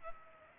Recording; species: mosquito wingbeat signal from an infrared sensor; Culex pipiens